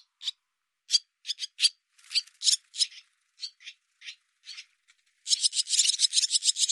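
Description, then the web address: Barn swallow giving spaced scratchy call notes that build into a loud, continuous grating rattle toward the end. "cianscape birddata Deverinetal 2025"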